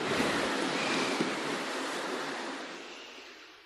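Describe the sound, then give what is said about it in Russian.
A steady roar of sea waves mixed with strong, gusty wind as the ship Running on the Waves sails on a sharp following wind, a dense hissing wash that stays loud and even before slowly easing off toward the end. “Бегущая по волнам шла на резком попутном ветре.”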